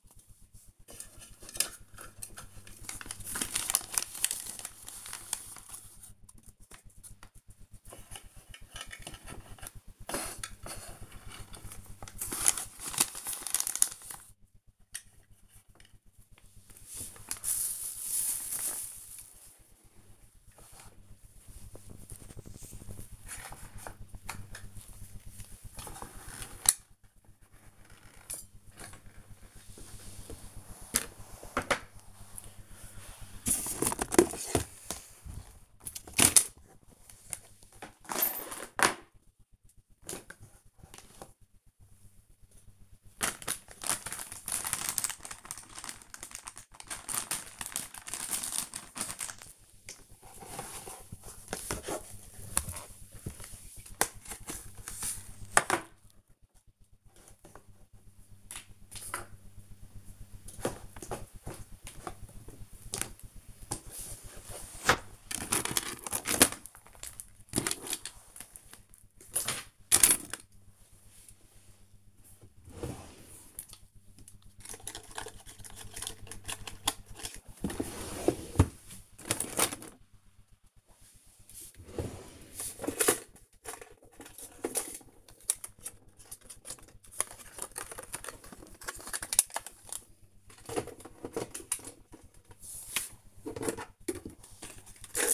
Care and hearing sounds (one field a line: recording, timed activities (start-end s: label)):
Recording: household activities, microphone on the right wrist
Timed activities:
0.00-13.14 s: tidy up the cupboard
16.18-95.34 s: tidy up the cupboard